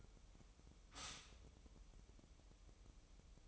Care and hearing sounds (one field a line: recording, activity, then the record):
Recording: daily activity, microphone in the room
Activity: stop toaster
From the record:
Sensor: 1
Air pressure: 988.6 hPa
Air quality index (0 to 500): 197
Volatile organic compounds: 955 ppm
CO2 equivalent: 5247 ppm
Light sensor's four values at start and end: 25/95/36/37 and 25/95/36/37